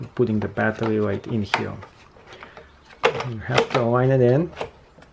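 Someone talks while a rechargeable battery is lined up and pushed into the battery bay of a Parrot Sky controller, the remote controller for a Parrot Bebop 2 drone. A few faint handling knocks are heard. Nothing has seated or clicked yet.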